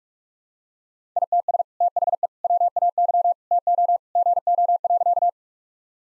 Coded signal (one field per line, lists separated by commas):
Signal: Morse code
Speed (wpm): 42 wpm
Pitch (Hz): 700 Hz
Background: none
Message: ITS THE WAY TO GO.